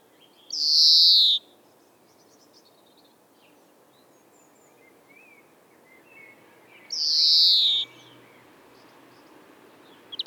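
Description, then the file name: European greenfinch song: two long nasal wheezes about six seconds apart, with faint twittering between them. "Chloris chloris"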